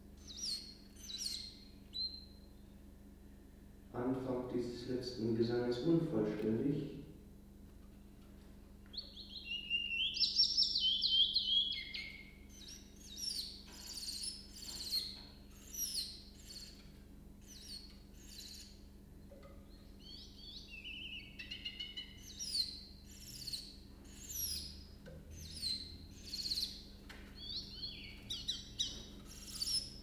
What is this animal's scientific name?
Phylloscopus trochilus